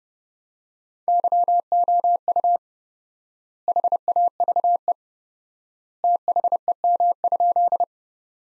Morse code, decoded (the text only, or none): YOU HAVE THEM?